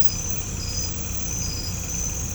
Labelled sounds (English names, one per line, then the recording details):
none
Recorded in pastures near Puerto Asís, Putumayo, Colombia, on 16 December 2024 at 23:00
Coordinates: 0.505, -76.324
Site G063